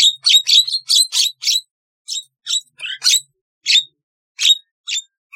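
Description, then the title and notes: Starling song made of harsh, scratchy chattering notes, coming in quick bursts and then at irregular spaced intervals. "Kicau Burung Jalak"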